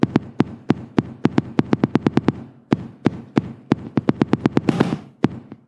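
Tapped imitation of an adult heartbeat in atrial fibrillation with rapid ventricular response: fast, irregular, disorganised beats. With an AV-node problem the fibrillation turns into a tachyarrhythmia; the ventricles suddenly beat far too fast, a haemodynamic problem in which blood no longer flows well through the body.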